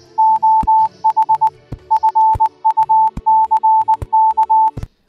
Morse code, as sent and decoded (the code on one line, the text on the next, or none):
--- .... / ..-. ..- -.-. -.-
OH FUCK